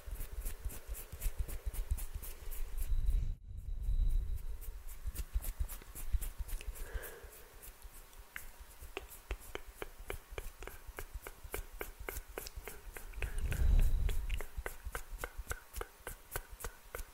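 Rapid, regular finger fluttering and hand rustles tick throughout, with soft low swells of movement around four and fourteen seconds.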